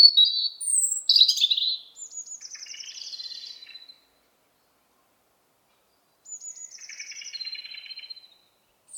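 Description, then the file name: European robin song: a sharp high twitter, then soft, rapid, buzzy trilling phrases, a long silence, and another quiet warbled phrase with thin whistles. "Erithacus rubecula"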